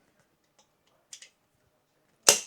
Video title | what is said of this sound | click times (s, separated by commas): HolyHeal Walkers for Seniors, Lightweight Rolling Walker with 2 Skis and 5" Wheels, Narrow Adult Fol | till locks into place. And repeat for the opposite side | 2.3 s